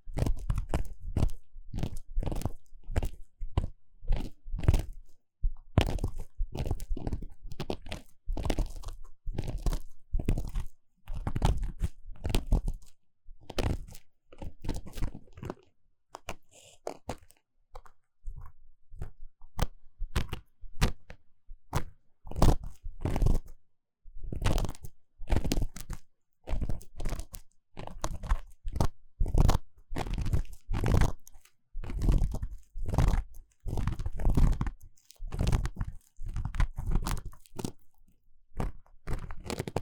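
Ear cleaning, heard as a dense run of crisp crunching and crackling scrapes that come in quick, uneven bursts. The scratching keeps up through most of the 40 seconds, easing into a sparser, quieter stretch around 15 to 20 seconds before picking up again.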